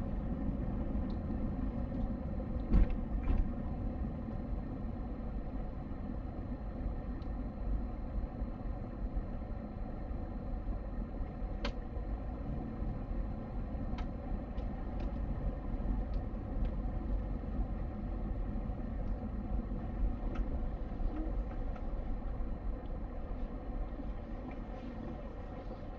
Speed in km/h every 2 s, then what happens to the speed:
19, 15, 14, 13, 10, 11, 14, 14, 13, 10, 6, 3, 0.
0-8 slows to 10. 8-17 steady at about 13. 17-23 slows to 0. 23-26 standing.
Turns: none.